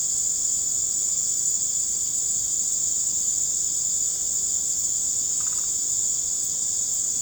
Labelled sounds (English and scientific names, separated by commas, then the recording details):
none
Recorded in secondary vegetation near Puerto Asís, Putumayo, Colombia, on 20 December 2024 at 19:30
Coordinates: 0.489, -76.322
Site G059